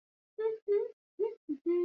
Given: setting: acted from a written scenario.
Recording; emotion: vocal sound without words; romantic love